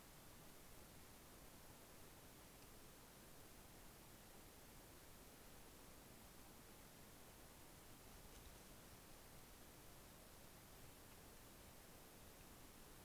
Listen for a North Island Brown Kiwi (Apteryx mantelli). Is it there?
no